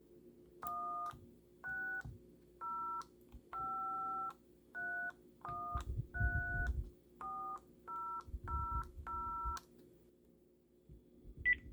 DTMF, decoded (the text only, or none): 16053134000